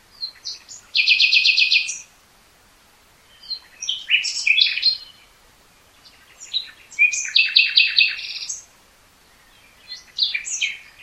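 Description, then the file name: Common nightingale song in bursts of loud rattling trills and varied chattering notes, with pauses of a second or two between phrases. "Luscinia megarhynchos"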